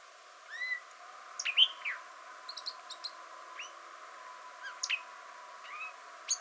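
Arabian grosbeak calls: scattered short chirps and slurred whistled notes, spaced irregularly throughout against faint hiss.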